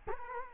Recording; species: mosquito wingbeat signal from an infrared sensor; Culex quinquefasciatus